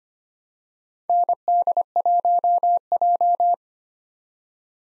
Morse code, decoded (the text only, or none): ND1J